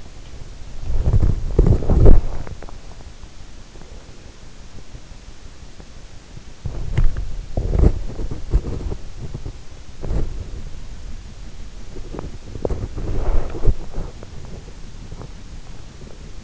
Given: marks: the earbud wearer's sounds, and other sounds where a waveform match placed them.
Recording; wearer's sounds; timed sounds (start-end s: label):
sounds in sleep by an in-ear microphone; body movement, breath
0.64-2.49 s: body movement
3.70-4.37 s: breath
6.46-16.44 s: body movement